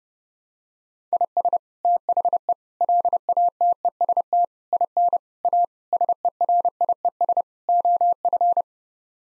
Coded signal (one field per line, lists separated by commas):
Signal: Morse code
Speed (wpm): 32 wpm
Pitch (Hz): 700 Hz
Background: none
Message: IS THE LATEST IN A SERIES OF